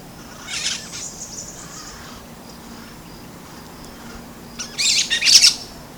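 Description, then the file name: Brown-throated parakeet calls: a grating screech early on, then a louder cluster of rough, scratchy squawks toward the end, with a long quiet gap between. Recorded at Bubali, Aruba, on 15 November 2012. "Aratinga-pertinax-Bubali-Aruba-15-11-12-ASilveira"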